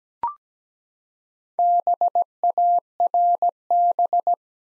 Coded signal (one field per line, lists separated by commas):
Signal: Morse code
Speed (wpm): 17 wpm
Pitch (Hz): 700 Hz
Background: none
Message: BARB